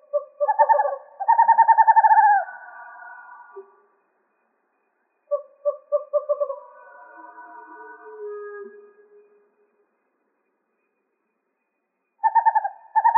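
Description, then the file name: Western screech owl calling in several fast pulsed hoot series, some sliding down at the end, with softer, lower notes between them; quiet background. Recorded in Arizona on January 7, 2006. "WESO 3 D deviche"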